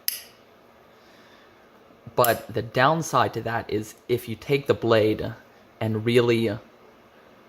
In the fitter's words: this nice clicky sound when you hear that